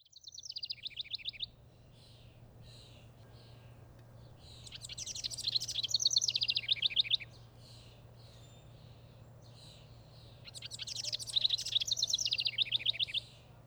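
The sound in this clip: House Wren song in three bursts, each a fast run of high trilled and chattering notes, separated by pauses; a low steady hum underneath.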